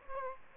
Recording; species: mosquito wingbeat signal from an infrared sensor; Aedes aegypti